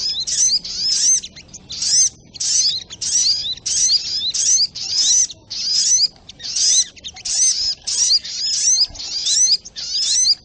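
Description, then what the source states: Little spiderhunter song: rapid bursts of thin, high, sweeping chirps and twitters, phrases of about half a second repeated over and over with short gaps. Sogok ontong bird song, a training recording (masteran) used for teaching cage birds.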